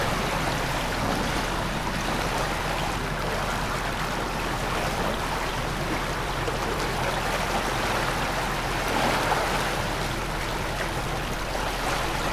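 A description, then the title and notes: Water pours loudly into a canal lock, a dense, steady rush that fills everything from low rumble to bright hiss. The roar holds constant throughout, swelling slightly around nine seconds, with faint low churning underneath. Canal de Garonne: Rusted Lock. Recorded at the lock of the Canal de Garonne (France), close to Moissac.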